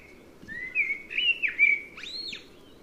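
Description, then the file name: Common blackbird song: a low fluted warble of sliding whistled notes, rising and falling, ending in a brief higher squeaky flourish. "Turdus merula"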